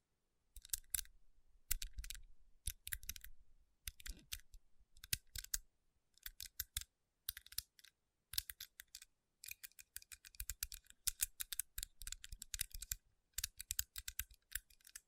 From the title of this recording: Tapping & Rubbing Rhinestone Covered Palms